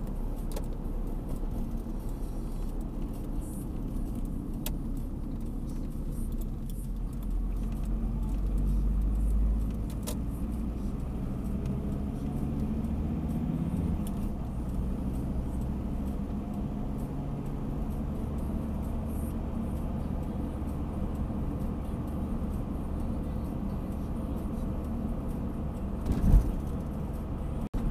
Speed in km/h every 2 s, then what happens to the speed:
43, 37, 24, 18, 25, 34, 44, 50, 54, 57, 56, 56, 56, 56.
0-5 brakes to 18. 7-15 speeds up to 54. 15-28 steady at about 56.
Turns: 3-8.